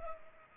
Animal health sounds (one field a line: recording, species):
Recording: mosquito wingbeat signal from an infrared sensor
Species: Culex pipiens